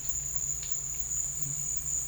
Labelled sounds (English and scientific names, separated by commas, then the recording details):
none
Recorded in dense forest near Puerto Asís, Putumayo, Colombia, on 21 December 2024 at 14:00
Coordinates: 0.484, -76.317
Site G026